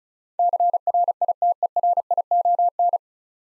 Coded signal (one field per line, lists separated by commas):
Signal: Morse code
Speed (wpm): 36 wpm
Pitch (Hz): 700 Hz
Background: none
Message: CRITERION